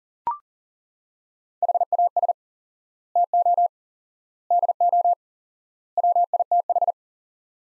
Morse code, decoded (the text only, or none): HAS TO DO WITH